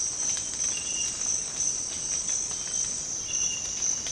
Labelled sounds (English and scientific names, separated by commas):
none